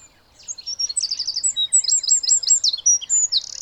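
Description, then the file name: Eurasian wren song, a quick burst of very high trills and emphatic repeated notes, loud and continuous. "Troglodytes troglodytes"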